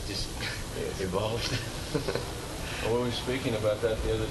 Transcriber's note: laughs